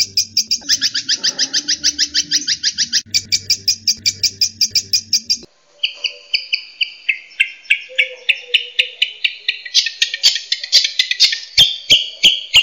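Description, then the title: Long-tailed shrike song shifting from a fast buzzy chatter into varied whistled and scratchy phrases, with rising and falling notes and sharp clicks toward the end. Variation 4 of the song; recording intended as a training recording for caged birds. "Suara Burung Cendet Tembakan Variasi 4"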